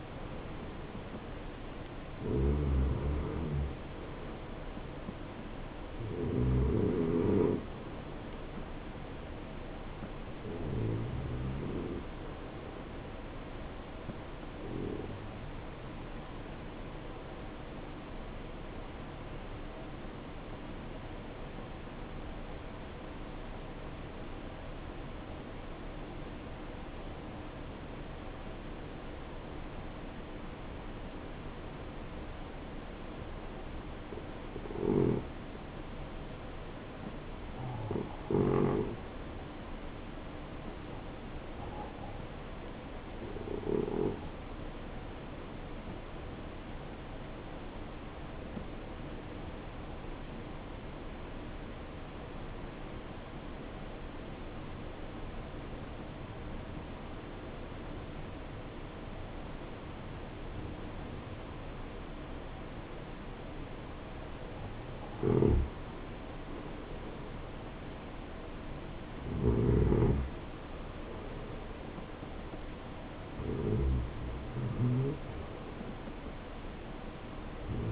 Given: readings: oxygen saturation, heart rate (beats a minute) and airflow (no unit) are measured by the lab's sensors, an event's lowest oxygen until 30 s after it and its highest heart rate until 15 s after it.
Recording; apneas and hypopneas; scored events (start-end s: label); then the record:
breathing in sleep by a voice recorder at the bedside; 1
12.00-64.90 s: hypopnea (N2, oxygen 93% highest, then 81% lowest, heart rate 71 at the start, 74 highest)
From the record:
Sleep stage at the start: N2 (light sleep); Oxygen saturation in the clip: 76 to 93%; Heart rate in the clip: 62 to 75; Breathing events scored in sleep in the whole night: 277 in 7.4 hours asleep